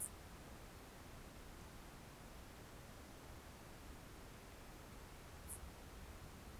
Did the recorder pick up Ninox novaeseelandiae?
no